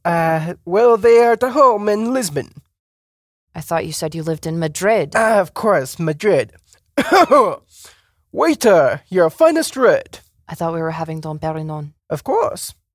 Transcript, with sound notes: Ah, well they are at home in Lisbon!
I thought you said you lived in Madrid.
Ah, of course. Madrid. [CLEARS THROAT] WAITER! Your finest red!
I thought we were having Dom Perignon.
Of course!